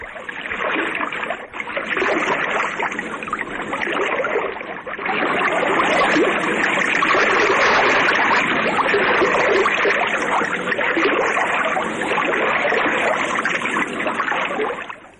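Sea waves slosh and splash steadily against a small boat as the sea turns suddenly rough and a high wave approaches, a continuous broad wash of rushing water with surging swells that briefly dip before building again.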